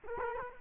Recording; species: mosquito wingbeat signal from an infrared sensor; Culex quinquefasciatus